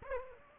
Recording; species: mosquito wingbeat signal from an infrared sensor; Aedes aegypti